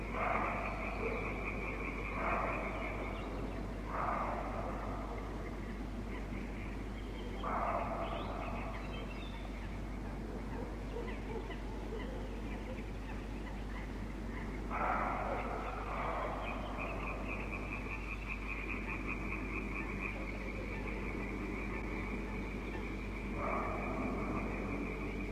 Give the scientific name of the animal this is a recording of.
Capreolus capreolus